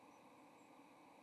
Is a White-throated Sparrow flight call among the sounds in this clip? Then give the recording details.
no. Another species' flight call is heard. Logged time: 07:49 on 30 October 2014